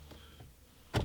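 The steering column adjustment lock lever on a car's steering column is pulled down to unlock the column for reach and height adjustment. After a quiet stretch, a single short clunk sounds at 1.0 s as the lock releases, freeing the column.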